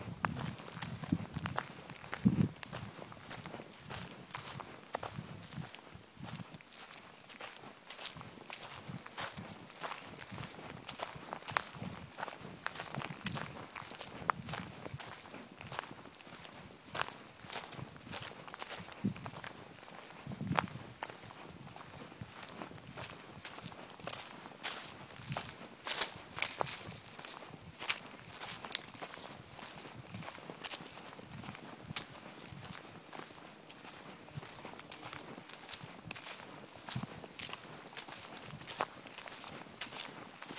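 Footsteps crunch steadily along a forest path, a quick, regular stride of crisp clicks and rustles from dry leaves and twigs. Low thuds of footfalls come and go. Underneath sits a soft outdoor hush with a faint high, thin tone.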